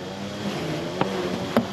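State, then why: Seated. A plastic engine cover on a 124 Spider, refitted after installing a Sila Concepts turbo blanket, is pressed down onto its remaining two engine-bay mounting posts. Two sharp snaps at 1.0 s and 1.6 s rise over a steady low hum. Both posts seat and the cover is secured.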